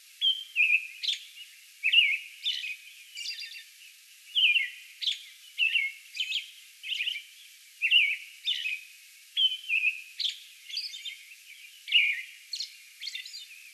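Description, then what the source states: American robin song in a steady run of slurred, whistled phrases, some dropping in pitch, interspersed with faint high hissy notes, delivered nearly without pause. Song bout, recorded on May 11.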